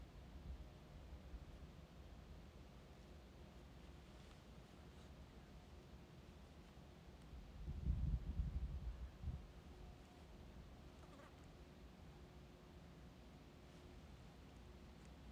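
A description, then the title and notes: Outdoors on a McDowell Mountains hike, a steady low rumble of wind persists, swelling into a louder gust around eight seconds. Hiking in the McDowell Mountains in Phoenix, Arizona.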